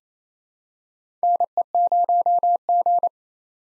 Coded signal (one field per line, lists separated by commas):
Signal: Morse code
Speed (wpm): 27 wpm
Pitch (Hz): 700 Hz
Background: none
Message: NE0G